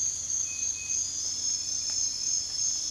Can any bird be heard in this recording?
no